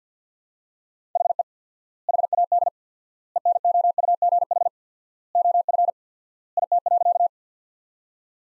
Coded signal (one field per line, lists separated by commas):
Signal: Morse code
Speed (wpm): 48 wpm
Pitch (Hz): 700 Hz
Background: none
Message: HE HAD ENOUGH OF IT.